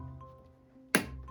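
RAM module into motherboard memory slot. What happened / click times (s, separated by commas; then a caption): The second latch clicked shut on the memory module / 0.9 s. A memory module is pressed home into a motherboard memory slot over quiet background music, and at 1.0 s the other slot latch gives a second sharp click. The module is seated.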